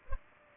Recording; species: mosquito wingbeat signal from an infrared sensor; Culex pipiens